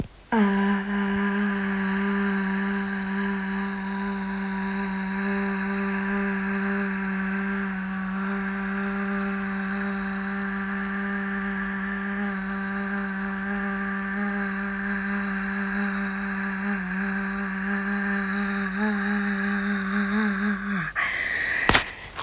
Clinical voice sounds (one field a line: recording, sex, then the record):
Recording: sustained vowel /a/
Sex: female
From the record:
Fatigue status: no fatigue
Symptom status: asymptomatic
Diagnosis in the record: COVID-19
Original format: m4a